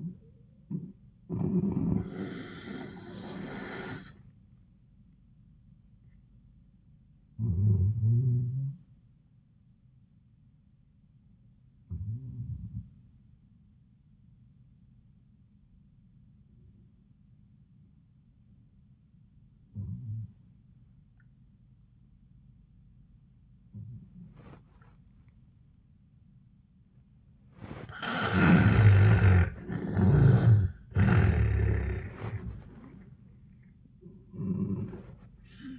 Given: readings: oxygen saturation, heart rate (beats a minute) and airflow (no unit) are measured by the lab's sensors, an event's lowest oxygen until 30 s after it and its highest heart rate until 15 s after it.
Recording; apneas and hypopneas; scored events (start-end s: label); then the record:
breathing in sleep by a smartphone at the bedside; 1
10.00-28.80 s: hypopnea (N2, oxygen 95% highest, then 79% lowest, heart rate 99 at the start, 99 highest)
From the record:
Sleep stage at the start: N2 (light sleep); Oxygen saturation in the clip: 77 to 95%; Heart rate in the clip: 71 to 99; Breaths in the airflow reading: 3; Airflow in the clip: -14.1 to 10.3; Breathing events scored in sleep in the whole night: 400 in 8.7 hours asleep